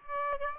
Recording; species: mosquito wingbeat signal from an infrared sensor; Aedes aegypti